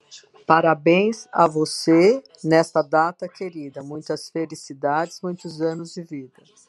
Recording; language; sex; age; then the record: short text; Brazilian Portuguese; female; 60 to 69 years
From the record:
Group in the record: control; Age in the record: 65 years